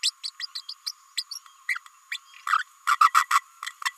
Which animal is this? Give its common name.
Green-rumped Parrotlet